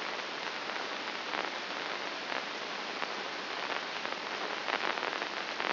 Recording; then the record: brain microelectrode recording played as sound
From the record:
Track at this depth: outside the subthalamic nucleus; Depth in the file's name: 6.629 mm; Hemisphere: left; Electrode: 2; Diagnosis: Parkinson's disease